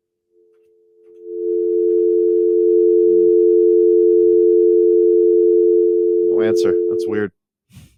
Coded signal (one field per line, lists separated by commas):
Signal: telephone call progress tone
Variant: North America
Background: speech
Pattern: dial tone